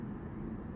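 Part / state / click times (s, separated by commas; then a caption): crimped terminal pin into power supply cable connector housing / not seated / none. A crimped metal terminal pin on a sleeved power supply wire is being slid into a plastic connector housing. Only a steady low rumble is heard, with no sharp transients. Nothing has seated or clicked yet.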